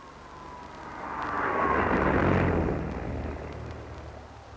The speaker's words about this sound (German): Wir haben Sie teilnehmen lassen, meine Damen und Herren, an einem Teil der ersten großen Versuchsfahrt des Schienenzeppelins, des Propellerschnellwagens von Krukenberg in Hannover.